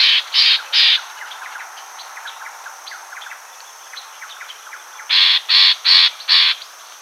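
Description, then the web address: Bird uttering rasping calls, three quick ones, then faint scattered chirps, then a run of four loud harsh notes. "BIRD SABIOD bird"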